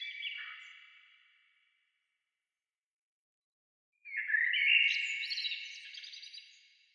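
Bird singing a hurried, chattering warble that fades away, followed after a pause by another lively run of high twittering notes.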